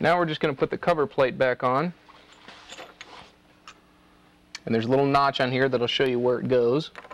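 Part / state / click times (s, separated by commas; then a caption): cover plate onto door lockset / not seated / none. Someone talks while the metal cover plate of a door lockset is handled and lined up by its notch, ready to be pressed on until it snaps into place. Between the speech there are a few faint handling ticks, but the cover plate has not snapped into place yet.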